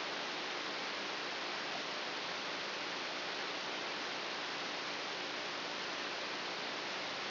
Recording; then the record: brain microelectrode recording played as sound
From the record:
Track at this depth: inside the subthalamic nucleus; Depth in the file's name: 3.002 mm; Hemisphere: right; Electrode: 3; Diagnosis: Parkinson's disease